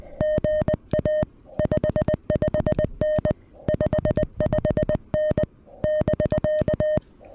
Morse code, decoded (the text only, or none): GA 55N 55N <BK>